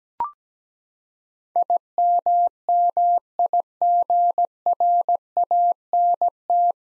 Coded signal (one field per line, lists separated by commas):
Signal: Morse code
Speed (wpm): 17 wpm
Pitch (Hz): 700 Hz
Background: none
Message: IMMIGRANT